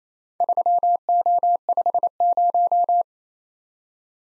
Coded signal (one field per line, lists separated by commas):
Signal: Morse code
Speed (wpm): 27 wpm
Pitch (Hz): 700 Hz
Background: none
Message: 3O50